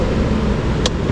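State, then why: Seated. A wiring harness connector is pushed into its mating socket on a vehicle HVAC assembly, likely in the evaporator area, as two electrical connectors are plugged back in during reassembly. Over a steady broadband hum, one short, sharp click lands at 0.9 s, and the connector seats.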